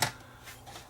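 A mode switch mechanism part is pressed into the chassis of a Toshiba W704 cassette deck during reassembly of the mechanism. It locks into place with a single sharp click at 0.0 s, followed by faint, quieter handling sounds. The part is seated in its correct position.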